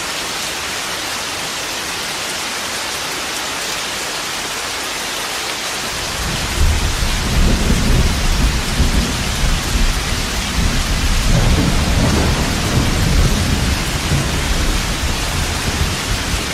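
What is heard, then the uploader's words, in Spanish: Steady dense rain hisses throughout, then around six seconds a deep rolling thunder swells in and rumbles low until the end. Sonidos De Lluvia Con Truenos Para Dormir De Noche. La Lluvia Y El Trueno Sonido Por La Noche.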